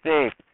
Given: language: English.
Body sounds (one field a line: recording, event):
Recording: throat vibration sensor signal played as sound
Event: speech